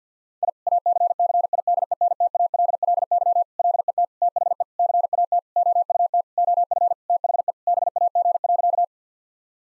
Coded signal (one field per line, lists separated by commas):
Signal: Morse code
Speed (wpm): 50 wpm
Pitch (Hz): 700 Hz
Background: none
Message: I ACCIDENTALLY LET THE CAT OUT OF THE BAG.